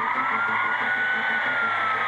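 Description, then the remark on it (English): A police car siren wails in a loud, sustained high-pitched tone that rises slowly over about two seconds, with a low engine rumble beneath and no voices, as the car starts a traffic stop on a suspect vehicle heading east on Astoria Boulevard. “Execute a traffic stop immediately. Backup is en route. Consider the driver armed and dangerous. Copy that. I'll light him up.”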